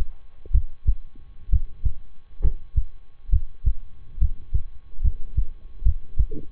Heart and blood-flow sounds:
heart sounds by stethoscope; between the tricuspid and mitral areas; 68 bpm
0.51 s: heartbeat
1.49 s: heartbeat
2.40 s: heartbeat
3.29 s: heartbeat
4.18 s: heartbeat
5.00 s: heartbeat
5.82 s: heartbeat
From the record:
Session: rest, lying down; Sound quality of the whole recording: good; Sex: male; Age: 23 years

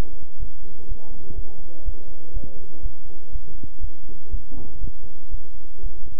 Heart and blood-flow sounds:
heart sounds by stethoscope; between the tricuspid and mitral areas; 121 bpm
0.38 s: heartbeat
0.87 s: heartbeat
1.34 s: heartbeat
1.84 s: heartbeat
2.32 s: heartbeat
2.81 s: heartbeat
3.30 s: heartbeat
3.79 s: heartbeat
4.29 s: heartbeat
4.79 s: heartbeat
5.29 s: heartbeat
5.81 s: heartbeat
From the record:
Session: bicycle stress test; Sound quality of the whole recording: good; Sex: male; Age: 26 years

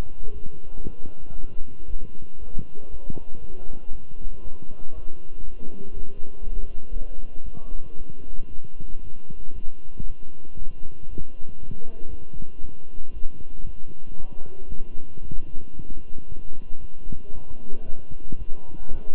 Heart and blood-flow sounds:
heart sounds by stethoscope; between the tricuspid and mitral areas; 116 bpm
0.32 s: heartbeat
0.83 s: heartbeat
1.35 s: heartbeat
1.86 s: heartbeat
2.38 s: heartbeat
2.90 s: heartbeat
3.40 s: heartbeat
3.91 s: heartbeat
4.43 s: heartbeat
4.94 s: heartbeat
5.44 s: heartbeat
5.93 s: heartbeat
6.42 s: heartbeat
6.92 s: heartbeat
7.44 s: heartbeat
7.97 s: heartbeat
8.50 s: heartbeat
9.03 s: heartbeat
9.54 s: heartbeat
10.06 s: heartbeat
10.58 s: heartbeat
11.09 s: heartbeat
11.59 s: heartbeat
12.09 s: heartbeat
12.60 s: heartbeat
13.13 s: heartbeat
13.65 s: heartbeat
14.16 s: heartbeat
14.68 s: heartbeat
15.22 s: heartbeat
15.75 s: heartbeat
16.28 s: heartbeat
16.80 s: heartbeat
17.34 s: heartbeat
17.86 s: heartbeat
18.38 s: heartbeat
18.91 s: heartbeat
From the record:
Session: walking at 3.7 km/h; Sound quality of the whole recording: good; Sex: male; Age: 23 years

